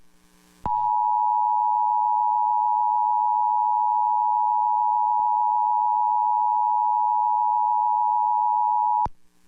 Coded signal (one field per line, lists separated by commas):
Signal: Emergency Alert System (SAME) tones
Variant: 853 and 960 Hz attention tone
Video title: EAS Alerts from 6/16/23